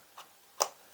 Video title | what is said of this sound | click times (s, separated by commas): Lindberg Hex Marks The Spot Model Build | is about the seam on the battery on the side here on this side in particular and it just Clips right in | 0.6 s